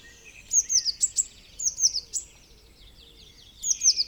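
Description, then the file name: Eurasian blue tit calls: short high chirping phrases of rapid descending notes, in bursts near the start, middle and end, over a faint background hiss. "Cyanistes caeruleus"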